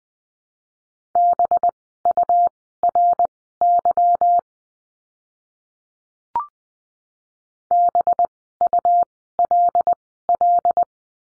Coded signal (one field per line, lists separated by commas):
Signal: Morse code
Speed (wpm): 20 wpm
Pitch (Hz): 700 Hz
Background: none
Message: BURY BULL